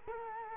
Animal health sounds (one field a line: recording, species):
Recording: mosquito wingbeat signal from an infrared sensor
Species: Culex quinquefasciatus